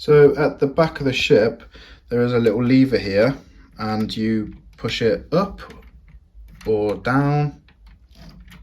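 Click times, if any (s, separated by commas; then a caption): 8.1 s, 8.3 s. A small plastic release lever at the back of a brick-built spaceship is pushed down to free the removable outer hull section, while someone talks over most of the clip. After the talking stops, the lever gives a little click at about 8.2 s and 8.3 s, and the latch is released so the whole piece can pop off.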